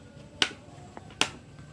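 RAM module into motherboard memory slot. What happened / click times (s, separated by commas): The memory module's latches clicked home / 0.4 s, 1.2 s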